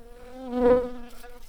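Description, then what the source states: Shrill carder bee buzzing: a steady, rich harmonic drone that swells to its loudest midway, then eases back to a softer hum. Worker bees.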